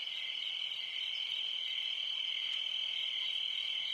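Cricket: continuous shrill insect trilling, a dense even drone with no pauses.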